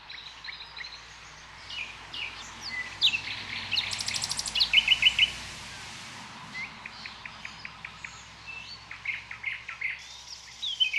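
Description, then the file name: Common nightingale song with fast repeated chirps and brief trills over steady low background noise, phrases separated by short pauses. "Luscinia megarhynchos"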